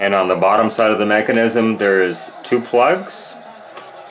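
Someone talks while handling the wire plugs for the two sockets on the bottom side of the CD mechanism board in a Sony CDP-CE415 CD player during servicing and repair. Only speech is heard. Nothing has seated or clicked yet.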